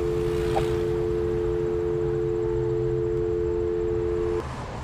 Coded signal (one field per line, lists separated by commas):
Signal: telephone call progress tone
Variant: North America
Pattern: dial tone